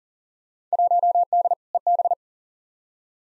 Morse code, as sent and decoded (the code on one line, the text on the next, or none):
.---- -.. / . -...
1D EB